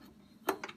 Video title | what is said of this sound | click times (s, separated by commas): Kobalt 7" tile wet saw #0632871 review for first timers part 1 | then click to the 45 position you can hear kind of click into place oh that's | 0.5 s